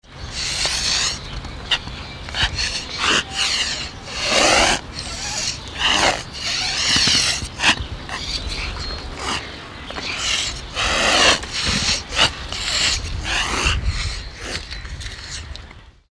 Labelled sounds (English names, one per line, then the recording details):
Emu
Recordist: Tembrock, Günter
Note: Fauchen